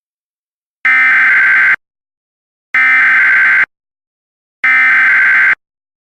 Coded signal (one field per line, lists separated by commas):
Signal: Emergency Alert System (SAME) tones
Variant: header bursts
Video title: *VALID TONES* EAS Scenario #2 - North Central Georgia Tornado Warning